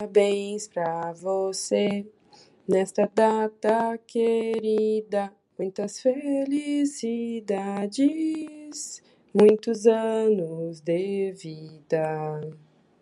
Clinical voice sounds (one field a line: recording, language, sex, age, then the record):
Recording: short text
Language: Brazilian Portuguese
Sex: female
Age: 30 to 39 years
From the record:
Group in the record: control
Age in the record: 34 years